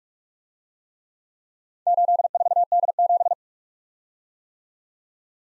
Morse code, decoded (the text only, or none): 84D7